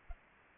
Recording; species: mosquito wingbeat signal from an infrared sensor; Aedes aegypti